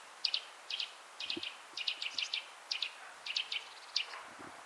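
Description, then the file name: Eurasian nuthatch giving quick clipped double and triple notes in a steady series, over background noise. "Sitta europaea"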